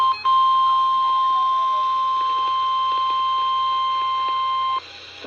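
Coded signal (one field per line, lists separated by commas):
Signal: Emergency Alert System (SAME) tones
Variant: 1050 Hz attention tone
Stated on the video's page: Real severe weather EAS alerts.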